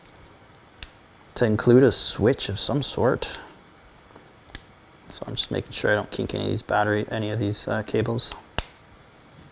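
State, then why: Seated. Someone talks while routing battery cables so they don't kink, then presses a round microcontroller board into its 3D-printed snap-fit plastic case mount. A sharp single click at 8.6 s marks the board seating in the mount, with faint smaller ticks earlier at 0.8 s and 4.6 s.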